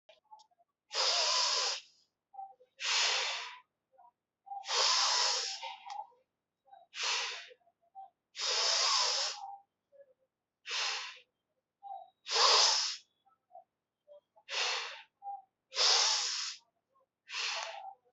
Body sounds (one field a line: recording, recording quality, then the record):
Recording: deep breathing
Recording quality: excellent, no background noise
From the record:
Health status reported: healthy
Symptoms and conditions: none ticked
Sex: female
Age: 25 years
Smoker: not ticked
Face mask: not worn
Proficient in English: yes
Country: India